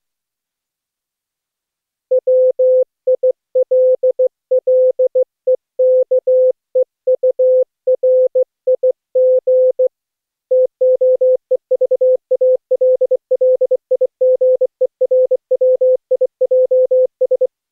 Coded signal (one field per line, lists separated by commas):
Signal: Morse code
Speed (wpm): 24 wpm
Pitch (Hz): 510 Hz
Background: none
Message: WILLEKEURIG TOEVALLIGERWIJS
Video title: Daily Minutes, November 24, 2015, without the Contestia.